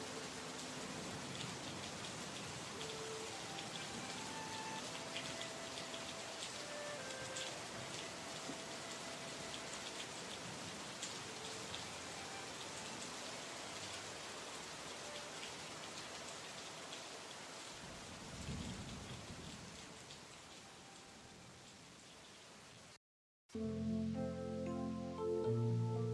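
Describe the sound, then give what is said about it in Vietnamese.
Heavy rain pours down outside in a dense, steady roaring hiss for over twenty seconds, then cuts off abruptly; after a brief silence, tonal music begins. “Bên ngoài trời vẫn mưa như trút.”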